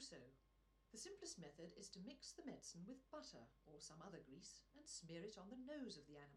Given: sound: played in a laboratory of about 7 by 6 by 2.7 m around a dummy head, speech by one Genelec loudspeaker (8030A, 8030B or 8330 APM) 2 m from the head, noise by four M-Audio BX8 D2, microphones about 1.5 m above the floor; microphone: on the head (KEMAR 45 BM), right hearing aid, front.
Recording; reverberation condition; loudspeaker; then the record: female speech in English; low; 150 degrees to the right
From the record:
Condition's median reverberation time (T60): about 310 ms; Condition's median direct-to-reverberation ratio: about 3.5 dB